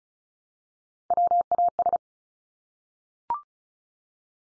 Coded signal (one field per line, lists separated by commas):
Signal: Morse code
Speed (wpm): 34 wpm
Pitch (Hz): 700 Hz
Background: none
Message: WAS